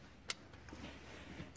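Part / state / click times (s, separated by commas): module wiring harness connector into engine sensor/head socket / seated / 0.3 s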